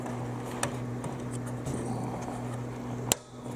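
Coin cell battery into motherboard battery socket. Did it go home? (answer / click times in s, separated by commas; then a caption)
yes / 3.1 s. A new coin cell battery is placed over its socket on a motherboard and pressed down until it snaps in under the retaining spring. Over a steady low hum, a small tick comes at 0.6 s and a fainter one at 1.1 s, then a sharp, bright snap at 3.1 s as the battery seats flat in the socket.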